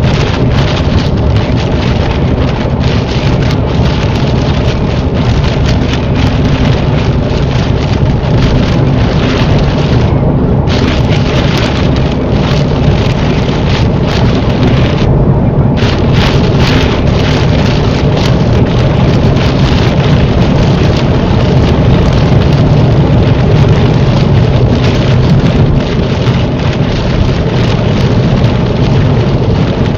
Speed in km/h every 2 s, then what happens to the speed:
87, 87, 85, 85, 87, 85, 82, 84, 84, 85, 81, 79, 76, 76, 74.
0-19 steady at about 85. 19-30 slows to 74.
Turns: none.